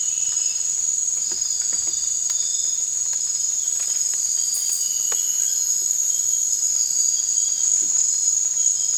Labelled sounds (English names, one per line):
none